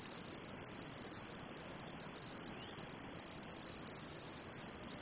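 Cicada song, a continuous shrill, hiss-like drone that stays even in pitch and loudness from start to finish.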